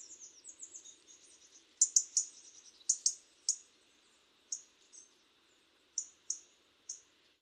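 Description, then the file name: European robin giving thin, very high ticking and squeaky calls in an irregular run, several sharper notes near the middle, over a faint steady background hiss. "Erithacus rubecula"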